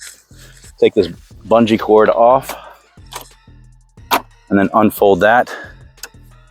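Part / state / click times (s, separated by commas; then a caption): folding frame lock of a portable mobility scooter / seated / 6.0 s. A bungee cord is taken off a portable 3-wheel mobility scooter as someone talks, and the scooter is unfolded. The folding metal frame lock clicks into place with a sharp tick at 6.0 s, locking the frame open.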